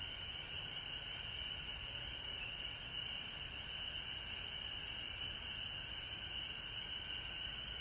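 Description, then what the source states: Frogs chorusing nonstop, a continuous high sound with a quieter lower layer. Frogs recorded at home in Georgia on March 19, 2020.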